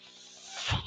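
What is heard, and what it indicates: A soft airy hiss swells over under a second into a louder rushing gust with a low thump at its peak, then eases off. It is a home mechanical ventilator delivering a breath, heard in the background while its user speaks.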